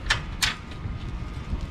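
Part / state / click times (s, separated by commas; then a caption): tilting bike hitch rack arm into its tilt-lock notch / seated / 0.1 s. A steel ebike tilting hitch rack is lifted from its angled position back up to horizontal, and its tilt mechanism snaps into its notch with a single sharp click at 0.1 s, followed by a second bright hit around 0.4 s over a low rumble. The rack locks into the horizontal position automatically, without the release lever being lifted.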